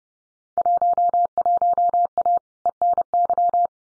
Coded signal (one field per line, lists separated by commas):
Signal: Morse code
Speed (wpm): 30 wpm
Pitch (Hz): 700 Hz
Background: none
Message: 11A ENY